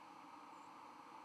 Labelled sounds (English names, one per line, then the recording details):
White-throated Sparrow flight call
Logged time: 02:33 on 31 October 2014